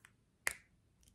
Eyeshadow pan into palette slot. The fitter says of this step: you hear that click so you know that it's really like locked in